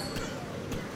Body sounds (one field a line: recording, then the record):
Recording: coughing mixed with background sound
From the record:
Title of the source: Coughing 51